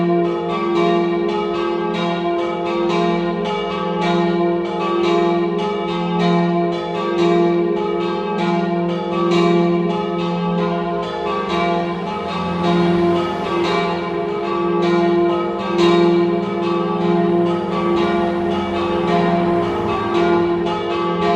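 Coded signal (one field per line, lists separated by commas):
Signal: bell signal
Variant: three-bell battiore e dopli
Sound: three church bells ringing continuously in rapid overlapping strikes, rich ringing tones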